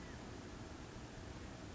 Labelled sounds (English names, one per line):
California Quail